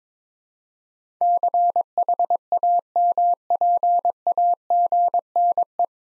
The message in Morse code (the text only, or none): CHAMPAGNE